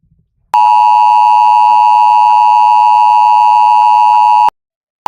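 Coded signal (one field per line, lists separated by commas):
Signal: Emergency Alert System (SAME) tones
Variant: 853 and 960 Hz attention tone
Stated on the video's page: Live IPTV stream alert generated by a DASDEC unit, with valid EAS tones.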